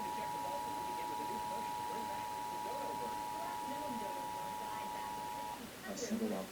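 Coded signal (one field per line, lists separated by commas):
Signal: Emergency Alert System (SAME) tones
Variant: 853 and 960 Hz attention tone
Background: speech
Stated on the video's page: Received on a Spectrum cable system.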